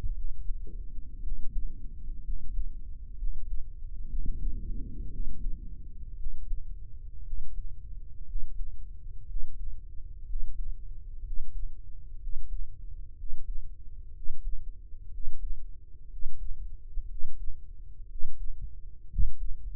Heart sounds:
heart sounds by microphone in the right ear; 60 bpm
0.14 s: heartbeat
1.21 s: heartbeat
2.22 s: heartbeat
3.16 s: heartbeat
4.08 s: heartbeat
5.09 s: heartbeat
6.16 s: heartbeat
7.23 s: heartbeat
8.25 s: heartbeat
9.25 s: heartbeat
10.25 s: heartbeat
11.22 s: heartbeat
12.18 s: heartbeat
13.14 s: heartbeat
14.11 s: heartbeat
15.09 s: heartbeat
16.07 s: heartbeat
17.06 s: heartbeat
18.06 s: heartbeat
19.07 s: heartbeat
From the record:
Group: healthy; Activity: rest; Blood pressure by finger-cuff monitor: 120/68 mmHg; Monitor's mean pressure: 83 mmHg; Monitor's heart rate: 61 bpm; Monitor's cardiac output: 7.1 L/min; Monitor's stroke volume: 115 mL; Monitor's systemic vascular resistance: 870 dyn s/cm5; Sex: male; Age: 23 years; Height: 178 cm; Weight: 96.6 kg

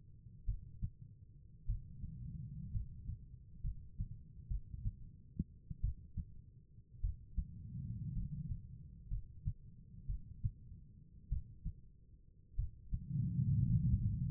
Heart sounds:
heart sounds by stethoscope; 55 bpm
0.45 s: heartbeat
1.66 s: heartbeat
2.72 s: heartbeat
3.62 s: heartbeat
4.48 s: heartbeat
5.81 s: heartbeat
7.01 s: heartbeat
8.14 s: heartbeat
9.09 s: heartbeat
10.07 s: heartbeat
11.29 s: heartbeat
12.56 s: heartbeat
13.66 s: heartbeat
From the record:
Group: healthy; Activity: rest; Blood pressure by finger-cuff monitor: 97/58 mmHg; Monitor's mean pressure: 70 mmHg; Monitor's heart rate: 50 bpm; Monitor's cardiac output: 4.7 L/min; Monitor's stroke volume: 84 mL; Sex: female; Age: 36 years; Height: 163 cm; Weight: 88 kg

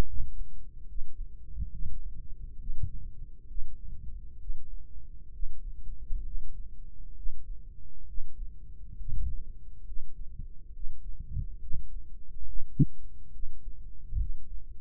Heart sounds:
heart sounds by microphone in the right ear; 68 bpm
0.05 s: heartbeat
0.86 s: heartbeat
1.70 s: heartbeat
2.57 s: heartbeat
3.46 s: heartbeat
4.38 s: heartbeat
5.31 s: heartbeat
6.23 s: heartbeat
7.14 s: heartbeat
8.05 s: heartbeat
8.95 s: heartbeat
9.84 s: heartbeat
10.71 s: heartbeat
11.58 s: heartbeat
12.44 s: heartbeat
13.30 s: heartbeat
14.17 s: heartbeat
From the record:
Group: healthy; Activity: breath hold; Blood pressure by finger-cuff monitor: 91/56 mmHg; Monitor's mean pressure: 67 mmHg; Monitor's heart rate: 68 bpm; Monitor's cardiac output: 5.6 L/min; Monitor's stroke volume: 80 mL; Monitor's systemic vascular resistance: 840 dyn s/cm5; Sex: female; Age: 22 years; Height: 163 cm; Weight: 67.1 kg

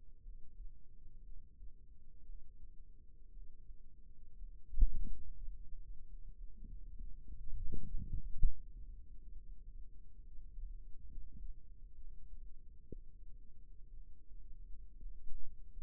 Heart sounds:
heart sounds by microphone in the right ear; 61 bpm
0.21 s: heartbeat
1.21 s: heartbeat
2.22 s: heartbeat
3.30 s: heartbeat
4.34 s: heartbeat
5.33 s: heartbeat
6.35 s: heartbeat
7.35 s: heartbeat
8.37 s: heartbeat
9.30 s: heartbeat
10.20 s: heartbeat
11.06 s: heartbeat
11.93 s: heartbeat
12.87 s: heartbeat
13.90 s: heartbeat
14.95 s: heartbeat
From the record:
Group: healthy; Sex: female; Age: 37 years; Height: 168 cm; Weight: 70 kg

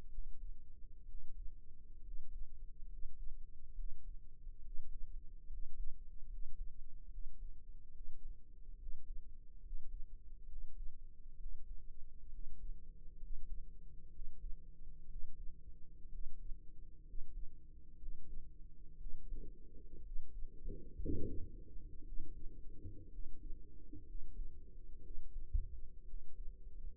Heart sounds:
heart sounds by microphone in the right ear; 65 bpm
0.09 s: heartbeat
1.05 s: heartbeat
2.01 s: heartbeat
2.87 s: heartbeat
3.74 s: heartbeat
4.61 s: heartbeat
5.48 s: heartbeat
6.27 s: heartbeat
7.09 s: heartbeat
7.91 s: heartbeat
8.77 s: heartbeat
9.61 s: heartbeat
10.46 s: heartbeat
11.37 s: heartbeat
12.29 s: heartbeat
13.18 s: heartbeat
14.10 s: heartbeat
15.07 s: heartbeat
16.09 s: heartbeat
17.03 s: heartbeat
17.97 s: heartbeat
18.97 s: heartbeat
20.02 s: heartbeat
20.97 s: heartbeat
22.03 s: heartbeat
23.09 s: heartbeat
24.04 s: heartbeat
25.01 s: heartbeat
26.04 s: heartbeat
From the record:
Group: healthy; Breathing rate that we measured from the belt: 17 breaths a minute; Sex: male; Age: 22 years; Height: 181 cm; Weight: 79 kg

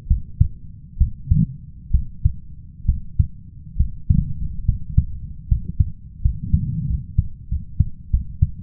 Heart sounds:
heart sounds by stethoscope; 75 bpm
0.07 s: heartbeat
0.97 s: heartbeat
1.91 s: heartbeat
2.85 s: heartbeat
3.76 s: heartbeat
4.65 s: heartbeat
5.48 s: heartbeat
6.21 s: heartbeat
6.86 s: heartbeat
7.48 s: heartbeat
8.10 s: heartbeat
From the record:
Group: healthy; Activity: cold pressor test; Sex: male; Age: 21 years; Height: 170 cm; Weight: 71 kg

